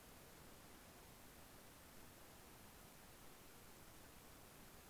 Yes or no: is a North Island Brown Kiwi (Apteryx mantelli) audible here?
no